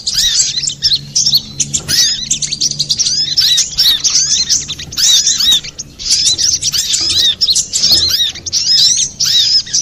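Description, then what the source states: Little spiderhunter song of fast, high-pitched twittering and curved chirps, delivered in long unbroken runs with only brief gaps. Master recording for training cage birds; Indonesian name sogok ontong, labelled Labaik.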